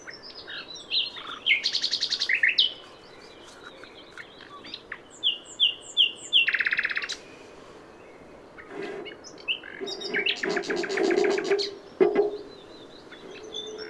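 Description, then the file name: Common nightingale delivering varied phrases: buzzy rattling trills, a series of clear falling whistles, dry clicking runs and harsh churring bursts, with pauses between phrases. "Luscinia megarhynchos"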